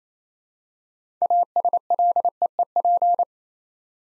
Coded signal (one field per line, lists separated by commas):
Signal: Morse code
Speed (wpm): 27 wpm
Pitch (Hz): 700 Hz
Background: none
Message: ASLEEP